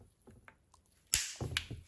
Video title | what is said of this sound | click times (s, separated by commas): DYSON V10 - HOW TO TAKE APART AND SERVICE THE DYSON V10 | done try and pushing in the other side and clicking there | 1.1 s